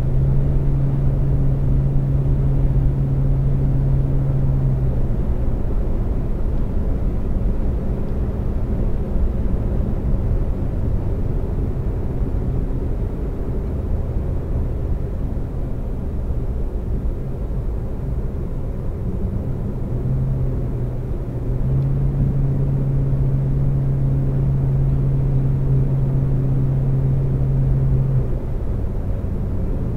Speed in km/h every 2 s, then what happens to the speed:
129, 130, 130, 130, 132, 126, 118, 113, 109, 108, 108, 113, 116, 118, 118.
0-8 steady at about 130. 8-17 slows to 108. 17-30 speeds up to 118.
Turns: none.